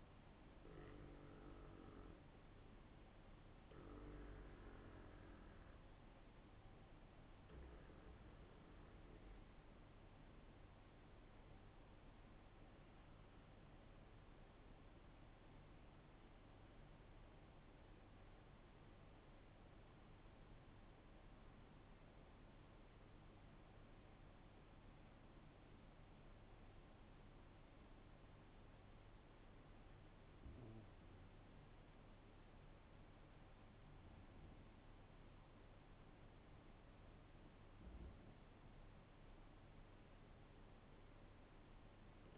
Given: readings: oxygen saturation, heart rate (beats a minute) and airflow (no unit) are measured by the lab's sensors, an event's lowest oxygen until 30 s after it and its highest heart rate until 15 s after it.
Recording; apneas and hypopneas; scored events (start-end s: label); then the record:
breathing in sleep by a voice recorder at the bedside; 1
13.00-34.60 s: hypopnea (N2, oxygen 95% highest, then 90% lowest, heart rate 48 at the start, 51 highest)
From the record:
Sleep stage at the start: N2 (light sleep); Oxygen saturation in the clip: 89 to 95%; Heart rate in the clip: 47 to 52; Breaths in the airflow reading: 5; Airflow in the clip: -5.7 to 7.5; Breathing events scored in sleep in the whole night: 388 in 6.5 hours asleep